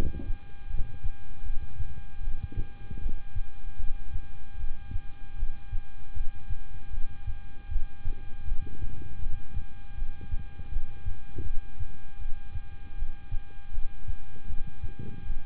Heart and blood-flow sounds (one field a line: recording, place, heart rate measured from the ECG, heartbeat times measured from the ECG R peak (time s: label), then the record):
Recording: heart sounds by stethoscope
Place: between the tricuspid and mitral areas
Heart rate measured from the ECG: 78 bpm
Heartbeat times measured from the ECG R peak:
0.67 s: heartbeat
1.43 s: heartbeat
2.21 s: heartbeat
2.99 s: heartbeat
3.77 s: heartbeat
4.57 s: heartbeat
5.36 s: heartbeat
6.13 s: heartbeat
6.91 s: heartbeat
7.69 s: heartbeat
8.45 s: heartbeat
9.19 s: heartbeat
9.95 s: heartbeat
10.70 s: heartbeat
11.43 s: heartbeat
12.19 s: heartbeat
12.95 s: heartbeat
13.71 s: heartbeat
14.47 s: heartbeat
15.23 s: heartbeat
From the record:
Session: rest, lying down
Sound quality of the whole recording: good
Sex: male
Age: 26 years